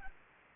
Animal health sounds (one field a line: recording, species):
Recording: mosquito wingbeat signal from an infrared sensor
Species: Aedes aegypti